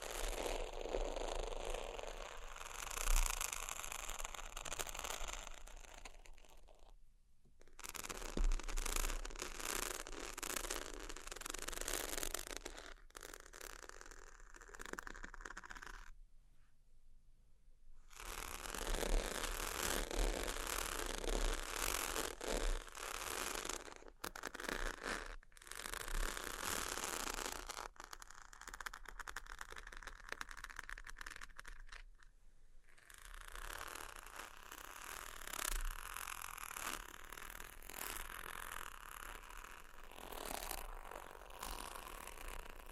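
Sheets being scratched and tapped, a dense rustling, scraping sound filling most of the recording, bright and textured with quick crackly detail. It comes in long bursts broken by short near-silent gaps around 7, 16 to 18, and 33 seconds.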